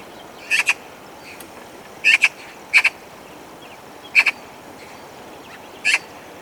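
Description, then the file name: Eurasian magpie giving harsh, clipped double notes in five short bursts spaced irregularly, over a steady background hiss. "Pica pica"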